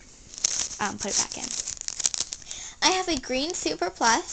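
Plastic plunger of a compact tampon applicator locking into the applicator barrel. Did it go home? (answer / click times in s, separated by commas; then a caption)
yes / 0.5 s. The plastic plunger of a U by Kotex Click compact tampon applicator is pulled outward and locks into its extended position in the applicator barrel, giving a sharp, short click at 0.5 s. Crinkling sounds follow as someone talks, and the applicator is seated in its extended position.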